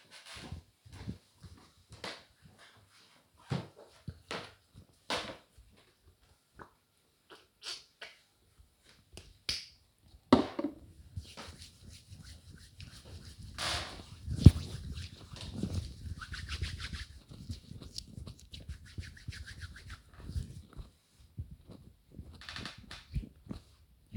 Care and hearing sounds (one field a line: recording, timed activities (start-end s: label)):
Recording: household activities, microphone on the right wrist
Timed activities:
4.53-24.17 s: disinfecting hands